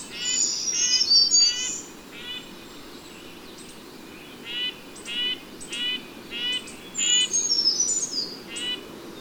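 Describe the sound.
Bird song: a run of rich buzzy chirps, a pause, then more chirps in clusters alongside thin high whistles.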